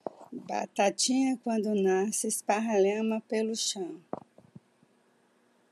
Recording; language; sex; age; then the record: short text; Brazilian Portuguese; male; 60 to 69 years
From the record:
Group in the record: control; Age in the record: 61 years